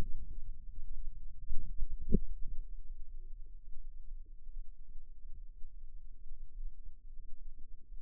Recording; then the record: forearm muscle sounds (acoustic myography)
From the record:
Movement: ulnar deviation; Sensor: system 2, bracelet of six BSWA MPA416 microphones around the upper forearm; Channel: 1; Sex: female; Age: 22 years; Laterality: right